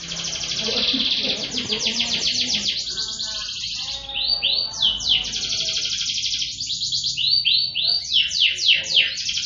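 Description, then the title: Canary song with rolling rapid trills broken by clusters of swooping down-slurred notes, over a low rumbling background. Cengkok song style, described as premium, of the kind sought by contest judges. "Cengkok kenari mewah yang di cari juri"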